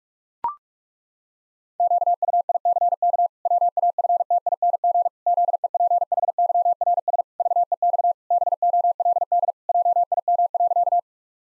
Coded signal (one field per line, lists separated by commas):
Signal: Morse code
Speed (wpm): 41 wpm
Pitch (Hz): 700 Hz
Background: none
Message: QUICK WAFTING ZEPHYRS VEX BOLD JIM.